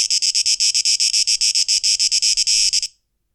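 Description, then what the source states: Cicada buzzing in rapid rhythmic pulses, high and harsh, for about three seconds before it stops abruptly into silence. 12 August 2023; tape echo mix.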